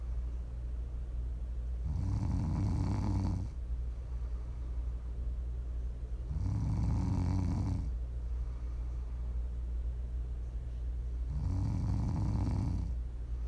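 Three low, rumbling snores from a sleeping adult, about every 4.5 seconds, roughly 13 a minute, over a steady background hum.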